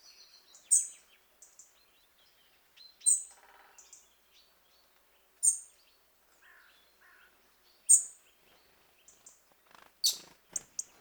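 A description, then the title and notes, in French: A European robin sings in autumn, short bright phrases of high thin notes and trills coming every two to three seconds. The phrases start with a sharp piercing note and trail into softer twittering, clear over a quiet background, with a few sharp clicks near the end. Rouge-gorge familier d'automne - Sonothèque naturophonia oiseaux. Le Rouge-gorge (Erithacus rubecula). Il se remet à chanter actuellement avec l'apport de migrateurs nordiques.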